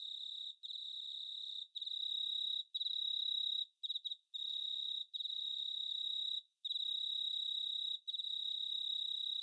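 Cricket trilling at a high pitch in sustained runs, with irregular short breaks and a few quick stutters.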